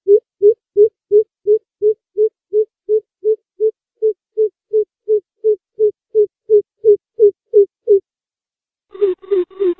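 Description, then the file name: Greater coucal giving a long, steady series of deep hollow hoots, about three a second for eight seconds. A brief, harsher, raspy burst of notes follows after a pause. "Tieng chim bim bip"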